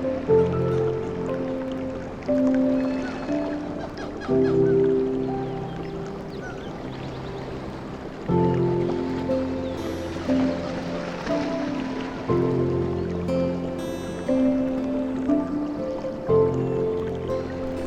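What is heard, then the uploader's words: Slow, sustained music with soft chords that shift roughly every two to four seconds, each change marked by a gentle swell. A steady wash of water sound runs underneath throughout, and brief bright chirps, like birds, poke through around the ten and fourteen second marks. Sleep Music With Ocean and Jungle Sounds – Relaxing Blue Screen Scene – Ocean and Full Moon.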